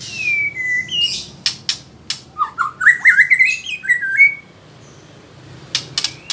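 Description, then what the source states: White-rumped shama song: a drawn-out whistle, a few clicks, then a quick rising sequence of fluted notes ending on a steady whistle. Female.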